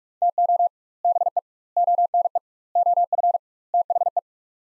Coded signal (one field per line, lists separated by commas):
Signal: Morse code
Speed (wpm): 41 wpm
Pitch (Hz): 700 Hz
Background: none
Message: TO BE ONE OF THE